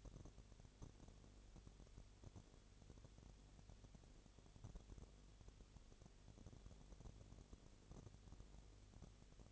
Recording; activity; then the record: daily activity, microphone in the room; no activity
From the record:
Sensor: 4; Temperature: 22.6 degrees Celsius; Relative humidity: 32.0%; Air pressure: 1008.1 hPa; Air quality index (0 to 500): 114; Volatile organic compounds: 2 ppm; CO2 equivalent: 1103 ppm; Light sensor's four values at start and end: 2/3/1/1 and 2/3/1/1